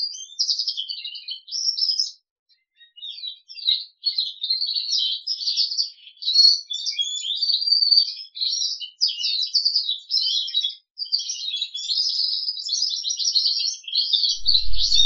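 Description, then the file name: Crested canary singing at length, a long, rapid, high warble of chirps and buzzy trills with a few short pauses, then a low thump at the end. "audio kenari jambul"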